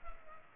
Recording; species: mosquito wingbeat signal from an infrared sensor; Culex pipiens